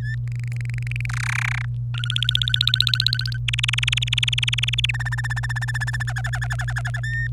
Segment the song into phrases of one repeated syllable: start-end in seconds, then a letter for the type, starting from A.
0.00-0.15 A, 0.27-1.06 B, 1.09-1.65 C, 1.94-3.37 D, 3.48-4.91 E, 4.94-6.03 F, 6.07-7.00 G, 7.04-7.27 A